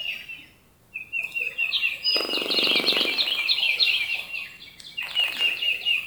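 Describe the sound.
Bird song of fast, high twittering and trilled notes, starting after a short quiet spell and running in dense bursts, with a brief low rushing sound.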